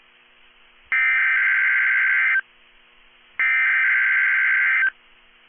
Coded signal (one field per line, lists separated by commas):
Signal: Emergency Alert System (SAME) tones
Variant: header bursts